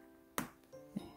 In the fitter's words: insert it like this and you will hear a click.